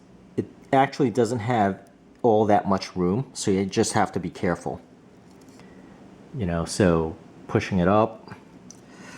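A replacement utility blade is pushed up into the blade holder of a Hyper Tough metal folding knife while someone talks, with a couple of faint handling ticks near 5.6 s and 8.7 s. The blade has not seated or clicked into place yet.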